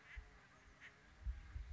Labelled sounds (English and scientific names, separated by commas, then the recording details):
Acorn Woodpecker (Melanerpes formicivorus)
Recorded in Sonoma County, California